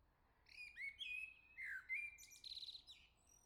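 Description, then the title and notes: Common blackbird delivering one long phrase of rich, flowing whistled notes that wander up and down, then end in a scratchy, high-pitched twitter. "Le Merle salue l'été, 3 Gd Rue de Chassagne, 17220 La Jarrie, France. Quel Sol!!!! pour saluer l'arrivée de l'été ce matin! Merci Jolie Merle de tes vocalises à proximité!"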